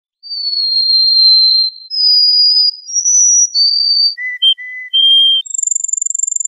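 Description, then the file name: Canary song: long clear whistled notes sliding slightly, a few short lower notes, then a rapid high pulsed trill at the end. "kenari"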